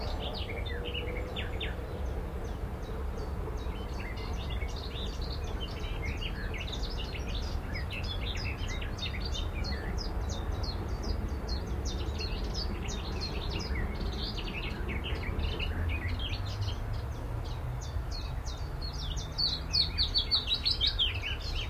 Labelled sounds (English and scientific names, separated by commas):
Willow Warbler (Phylloscopus trochilus)